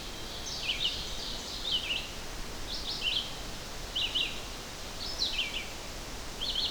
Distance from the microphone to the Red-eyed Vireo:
about 35 m